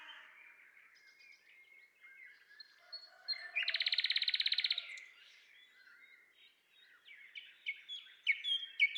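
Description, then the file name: Common nightingale song: quiet whistles lead into a loud fast mechanical rattle lasting over a second, followed by sharp chirping notes. "Luscinia megarhynchos"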